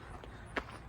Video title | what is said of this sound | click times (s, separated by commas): 2025 2520BH Rockwood Mini Lite by Forest River | If you need to extend those legs, you just pull them and they lock into place. | 0.6 s